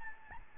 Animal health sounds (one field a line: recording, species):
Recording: mosquito wingbeat signal from an infrared sensor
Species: Aedes albopictus